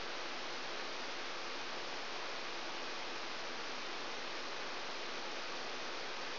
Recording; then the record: brain microelectrode recording played as sound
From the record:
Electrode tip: outside the subthalamic nucleus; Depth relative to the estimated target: -8 mm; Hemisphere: right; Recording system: AlphaMap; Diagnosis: Parkinson's disease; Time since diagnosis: 12 years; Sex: female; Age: 56 years